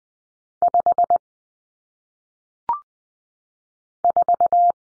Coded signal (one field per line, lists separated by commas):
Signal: Morse code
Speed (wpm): 20 wpm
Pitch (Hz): 700 Hz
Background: none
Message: 5 4